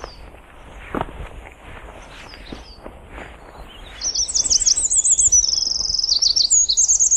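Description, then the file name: Eurasian wren song, a loud rapid run of high trills and warbles starting midway, after a quieter stretch of faint background noise. "Troglodytes troglodytes 150202"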